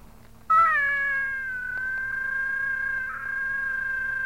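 Cat giving one long, drawn-out yowl that begins abruptly, holds a steady tone for nearly four seconds with a slight shift midway, over a faint low hum.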